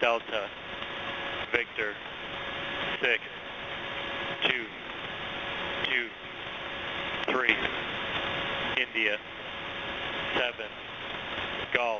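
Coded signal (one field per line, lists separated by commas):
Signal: coded military voice message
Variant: US Air Force EAM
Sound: male voice reading phonetic letters and digits slowly over HF static, about 13 words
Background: radio static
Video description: Message of 242 characters: J6BKX7 - WRW6BUB73Q7J6OJY6JV7JD227IMOCU33BLUWPUMPGMMMMEYQYJ2SCLLZKBAANSLVVVV7OEFDGWXDDT2U77XU77777IVXBH4SDDSDV6223I7GGGGBFWGRJB4YH5NSWF3WTJJVPG4QU2KODBYV4QKKKJI7333E7SSSSLKGHTO44OIMRTAATAAVVVVUQBCRVIPPUXPDCDNND4444NVLCRAPHRP2EJFEOFDSSSSKWFQ3THCV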